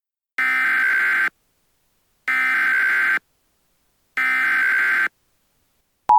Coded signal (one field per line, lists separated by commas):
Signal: Emergency Alert System (SAME) tones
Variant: header bursts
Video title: EAS Scenario #19: Holiday Hell-raisers (EAS Christmas-In-July Special)